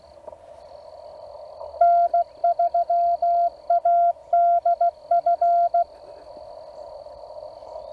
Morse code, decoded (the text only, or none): N3ADF